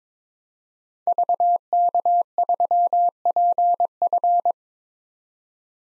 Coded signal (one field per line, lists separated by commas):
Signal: Morse code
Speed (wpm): 22 wpm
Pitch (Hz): 700 Hz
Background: none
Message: VK3PF